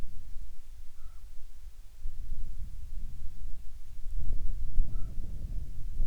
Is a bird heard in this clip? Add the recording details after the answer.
yes. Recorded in the Prudhoe Bay oil fields, Alaska, on 10 July 2019 at 13:57. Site 14